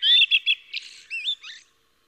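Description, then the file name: Common blackbird song fragment made of quick, high chirpy notes and looping squeaky twitters, lasting under two seconds before silence. "Turdus merula"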